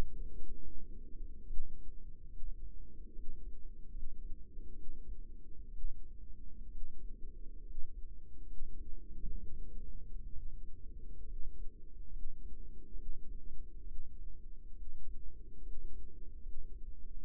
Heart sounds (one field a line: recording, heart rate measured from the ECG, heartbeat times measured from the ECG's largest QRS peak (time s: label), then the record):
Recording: heart sounds by microphone in the right ear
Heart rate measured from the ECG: 68 bpm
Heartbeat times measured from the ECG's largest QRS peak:
0.31 s: heartbeat
1.46 s: heartbeat
2.27 s: heartbeat
3.12 s: heartbeat
3.89 s: heartbeat
4.72 s: heartbeat
5.69 s: heartbeat
6.67 s: heartbeat
7.61 s: heartbeat
8.43 s: heartbeat
9.36 s: heartbeat
10.29 s: heartbeat
11.23 s: heartbeat
12.08 s: heartbeat
12.92 s: heartbeat
13.83 s: heartbeat
14.71 s: heartbeat
15.59 s: heartbeat
16.39 s: heartbeat
17.17 s: heartbeat
From the record:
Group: healthy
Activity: rest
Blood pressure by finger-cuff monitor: 149/89 mmHg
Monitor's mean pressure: 108 mmHg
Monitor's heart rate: 70 bpm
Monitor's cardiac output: 6 L/min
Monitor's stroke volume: 89 mL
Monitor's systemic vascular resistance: 1330 dyn s/cm5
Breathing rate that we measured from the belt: 15 breaths a minute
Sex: female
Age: 22 years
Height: 171 cm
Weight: 65.6 kg